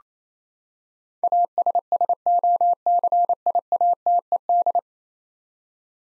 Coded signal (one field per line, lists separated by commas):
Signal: Morse code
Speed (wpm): 27 wpm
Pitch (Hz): 700 Hz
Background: none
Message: ASSOCIATED